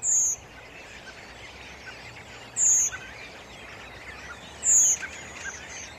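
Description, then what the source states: Redwing flight calls: three thin, high seeps, each about a third of a second, a couple of seconds apart over a low steady background hiss. Migrants mostly from Scandinavia and Iceland arriving on the islands; flying at night and calling regularly to keep contact; thin high-pitched cries that carry far.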